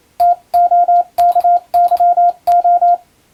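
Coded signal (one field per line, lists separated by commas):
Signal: Morse code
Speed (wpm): 27 wpm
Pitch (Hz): 700 Hz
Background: none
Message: TOKYO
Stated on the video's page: Morse code receiving practice for the Japanese radiotelegraph operator national exam, using telegram practice text; also usable as amateur radio copying practice.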